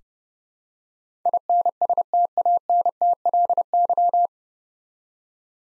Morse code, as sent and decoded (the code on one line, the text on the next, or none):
.. -. ... - .- -. - .-.. -.--
INSTANTLY